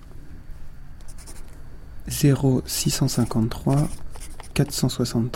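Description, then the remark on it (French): Soft, scratchy strokes of a pen writing a note on a tiny scrap of paper torn from a notebook at a desk, quiet and irregular at first, then a person starts talking over the faint scribbling. “Il prend son téléphone portable et note.”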